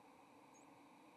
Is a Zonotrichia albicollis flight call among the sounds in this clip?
no